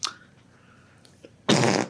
Sneezing into his sleeve.